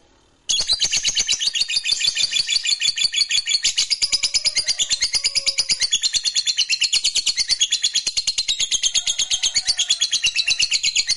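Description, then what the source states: Lovebird singing in an unbroken rapid chatter of high, scratchy twittering notes, starting abruptly and continuing to the end. Fighter-type lovebird singing energetically, described as gacor.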